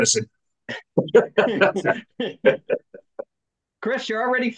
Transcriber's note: laughing